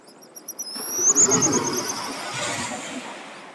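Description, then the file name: Pigeon guillemot giving thin, very high whistles that run into a rising, rapid trill of squeaky notes, with a steady rushing noise behind. "Pigeon Guillemot Cepphus columba"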